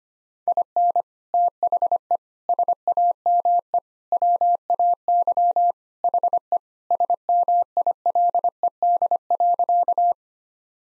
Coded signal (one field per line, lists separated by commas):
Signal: Morse code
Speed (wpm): 25 wpm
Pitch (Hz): 700 Hz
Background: none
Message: IN THE SAME WAY HE SMILED.